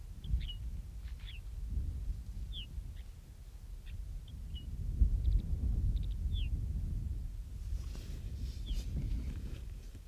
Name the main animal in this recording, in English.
Arctic Fox